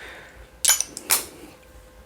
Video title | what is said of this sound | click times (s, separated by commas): Top 10 Underrated Spring Fragrances 2020 - Hidden Gems | Does click into place. | 0.8 s, 1.0 s, 1.1 s